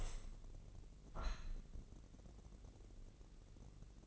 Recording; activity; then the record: daily activity, microphone in the room; open window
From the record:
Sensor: 4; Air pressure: 1013.2 hPa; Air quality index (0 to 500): 168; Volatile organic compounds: 2 ppm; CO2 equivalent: 1062 ppm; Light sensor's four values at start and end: 38/93/37/38 and 37/91/37/37